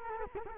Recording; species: mosquito wingbeat signal from an infrared sensor; Culex quinquefasciatus